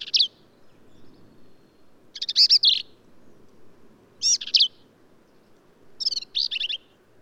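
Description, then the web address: Black-capped vireo with loud, complex phrases of rapid squeaky and harsh notes, four bursts spaced about two seconds apart. "birdsongforthecurious Black-capped Vireo"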